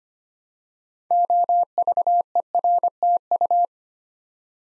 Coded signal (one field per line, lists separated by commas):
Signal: Morse code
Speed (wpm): 25 wpm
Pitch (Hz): 700 Hz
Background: none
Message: OVERTU